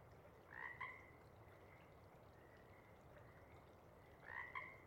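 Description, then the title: Pacific chorus frog with two widely spaced two-note ribbits over a steady hiss. Sparse chorus before dawn as first light appears; most of the group has gone back to burrow and sleep, a few individuals still calling to attract a mate. "Chorus Frogs, Sparse, pre-Dawn"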